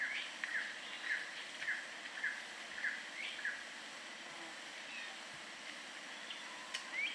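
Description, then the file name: Squirrel cuckoo calling, a series of six short notes, a little under two a second, that stops halfway through, over background hiss. Peru, South America. "Squirrel Cuckoo (Piaya cayana), Peru"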